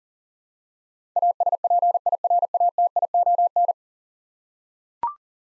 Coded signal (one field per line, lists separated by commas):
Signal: Morse code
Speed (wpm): 40 wpm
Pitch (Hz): 700 Hz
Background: none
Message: ASPIRATION